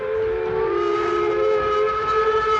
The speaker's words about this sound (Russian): Поезд ушел быстро, его огни скоро исчезли, и через минуту уже не было слышно шума.